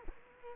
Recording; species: mosquito wingbeat signal from an infrared sensor; Culex quinquefasciatus